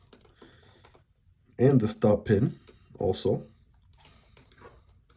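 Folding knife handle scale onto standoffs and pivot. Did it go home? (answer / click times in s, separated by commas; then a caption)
no / none. A folding knife handle scale is lined up with the standoffs, the pivot and the stop pin just before being pressed home onto them. Someone talks in the middle of the clip while faint handling ticks are heard at the start and end. Nothing has seated or clicked yet.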